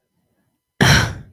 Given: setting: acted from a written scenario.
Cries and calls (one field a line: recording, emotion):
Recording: vocal sound without words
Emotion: contempt